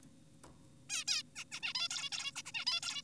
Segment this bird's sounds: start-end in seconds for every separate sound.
0.90-1.04, 1.08-1.23, 1.36-1.44, 1.52-1.60, 1.62-1.73, 1.75-1.88, 1.90-2.10, 2.12-2.32, 2.36-2.42, 2.46-2.52, 2.54-2.65, 2.67-2.80, 2.83-3.02